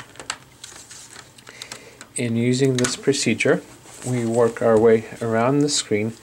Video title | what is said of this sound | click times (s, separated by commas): ASUS X551M Laptop Screen Replacement Procedure | and listen for snapping sounds | 0.3 s, 1.6 s